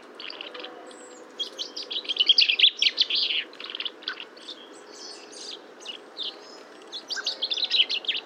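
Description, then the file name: Common chaffinch calls, a chatter of quick high chirps building to a loud cluster in the first half, then quieter scattered notes and another burst at the end. "Fringilla coelebs"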